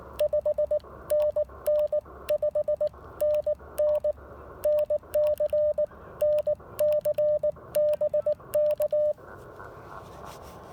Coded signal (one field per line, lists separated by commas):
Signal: Morse code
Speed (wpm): 19 wpm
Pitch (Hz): 600 Hz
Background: radio noise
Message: 5NN 5NN NC NC BK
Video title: Pairing the Icom IC-705 with the Elecraft AX1 antenna at a POTA activation. Can this work?